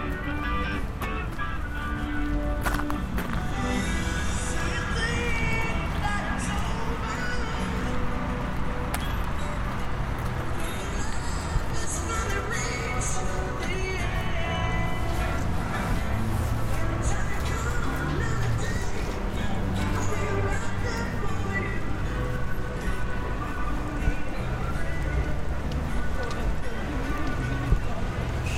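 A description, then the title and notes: A steady street walk past idling buses with a low constant rumble, voices, and faint tonal music drifting from a loudspeaker throughout. A walk from the station in Vicenza, Italy past a bar where music is being piped out of a PA, past a row of idling buses.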